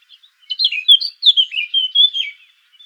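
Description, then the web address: Eurasian blackcap giving a short, rapid warble of bright, twisting high notes. "sylvia atricapilla call"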